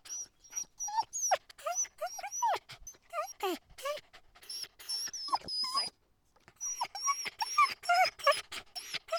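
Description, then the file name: Dogs yelping in fast bursts of arching high cries, a brief pause midway, then the yelping resumes. More than one dog yelping. "freesound Dogs Yelping"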